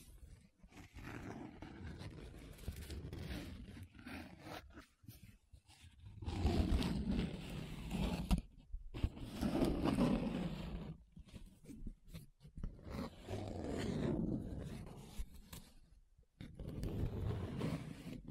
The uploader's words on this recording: ASMR 7 Different Paper Sounds Tracing, Scratching, Rubbing (No Talking).